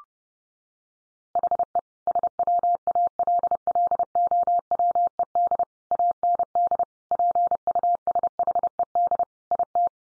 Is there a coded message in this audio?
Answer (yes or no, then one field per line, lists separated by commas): yes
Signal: Morse code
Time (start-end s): 1.4-9.9 s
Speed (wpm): 30 wpm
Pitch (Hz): 700 Hz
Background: none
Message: HE SWALLOWED AND PUSHED IT